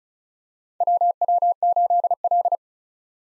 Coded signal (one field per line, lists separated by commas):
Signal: Morse code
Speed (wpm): 34 wpm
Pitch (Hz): 700 Hz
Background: none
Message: WW8L